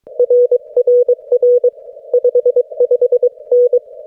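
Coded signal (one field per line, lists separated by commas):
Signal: Morse code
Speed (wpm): 22 wpm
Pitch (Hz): 490 Hz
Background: none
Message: RRR 55N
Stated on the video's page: CW contacts at a campout using a Yaesu FT-891 at 25 watts, US Morse straight key, Buddipole BuddiHex antenna.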